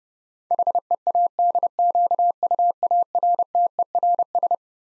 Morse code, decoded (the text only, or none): HEADQUARTERS